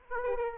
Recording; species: mosquito wingbeat signal from an infrared sensor; Aedes aegypti